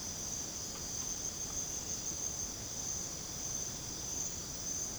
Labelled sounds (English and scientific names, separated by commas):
none